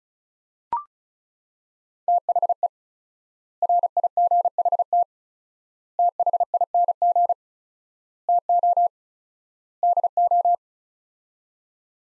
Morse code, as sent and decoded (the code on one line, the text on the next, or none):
- .... . / .-. .. --. .... - / - .... .. -. --. / - --- / -.. ---
THE RIGHT THING TO DO